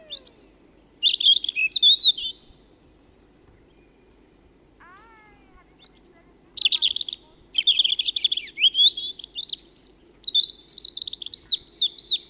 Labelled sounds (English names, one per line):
European Robin song